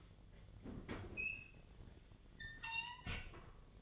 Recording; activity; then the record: daily activity, microphone in the room; open fridge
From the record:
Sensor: 4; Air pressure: 1010.5 hPa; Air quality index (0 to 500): 176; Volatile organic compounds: 5 ppm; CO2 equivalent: 1791 ppm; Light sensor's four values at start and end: 34/99/39/39 and 31/91/36/36